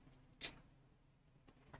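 A plastic building brick is pressed onto a double-sided brick, with a brief broadband tap near 0.4 s and faint short ticks at about 1.5 and 1.7 s over a quiet background. Nothing has clicked into place yet; the brick did not click.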